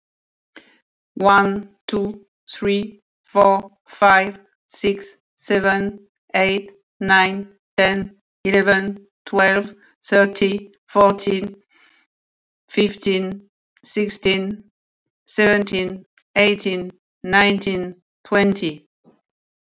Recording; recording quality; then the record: counting at a normal pace; excellent, no background noise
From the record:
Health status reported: healthy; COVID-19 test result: not tested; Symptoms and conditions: none ticked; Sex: female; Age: 55 years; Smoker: not ticked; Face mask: not worn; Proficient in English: no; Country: France